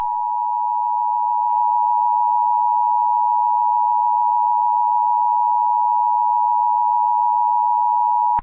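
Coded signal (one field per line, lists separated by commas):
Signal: Emergency Alert System (SAME) tones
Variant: 853 and 960 Hz attention tone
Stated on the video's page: Fictional EAS scenario, Five Nights at Freddy's themed.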